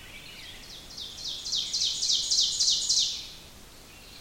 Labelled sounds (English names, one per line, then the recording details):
Ovenbird song
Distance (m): 25 m
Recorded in boreal forest in Alberta, Canada, on 5 June 2016 at 05:39
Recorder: SongMeter 3, array SBT-3-51
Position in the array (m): 271 m, 118 m
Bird 28